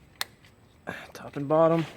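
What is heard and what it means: The outer chain guard of a Rugged Cycles Transporter 2.0 electric bike, removed for a rear wheel replacement, is fitted to the inner guard by popping its two plastic tabs in, top and bottom. A single sharp click sounds at 0.2 s as a tab pops in and seats, and someone talks from about 0.9 s onward.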